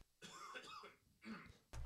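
Two harsh, noisy bursts from an adult man, each about half a second: coughing from a man who is really sick.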